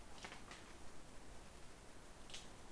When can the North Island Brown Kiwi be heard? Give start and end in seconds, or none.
none